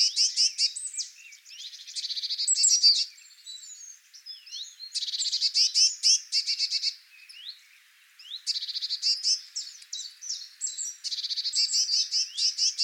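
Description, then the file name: Eurasian blue tit: rapid bursts of repeated high notes, each about one to two seconds long, separated by pauses with thin high chirps and twittering notes. "Cyanistes caeruleus"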